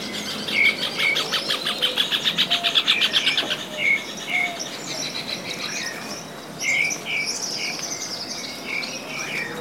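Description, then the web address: Bird chirping in a fast rattled series, with short clear whistled notes repeated at intervals and other faint chirps around. "os passaros"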